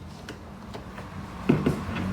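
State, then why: Not seated. An electrical wiring connector is handled and pushed toward the new trunk latch actuator of a BMW i8 during reassembly. Several short, light ticks sound at about 0.3, 1.0 and 1.5 seconds, the one at 1.5 seconds being the sharpest and loudest, over a low steady background. The connector has not seated or clicked in yet.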